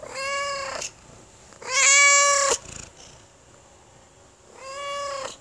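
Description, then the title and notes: Domestic cat meowing three times, each a drawn-out, tonal mew, the middle one loudest, with quiet gaps between. Neighbour's cat meowing, recorded 3 June 2017 at 15:49 on a mobile phone in mono, at latitude -12.61, longitude -38.96. "Miado Do Gato Da Vizinha. miados do gato da vizinha. Data: 03/06/2017 Horário: 15:49 Gravado com: Celular"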